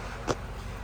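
On a 2018 Volkswagen Tiguan, a small flat-blade screwdriver presses down the locking tab of the plastic rear brake pad wear sensor connector while the plug is pushed in, unplugging it from its harness socket at the rear caliper. A single short, sharp click sounds at 0.3 s as the tab releases. The connector comes free.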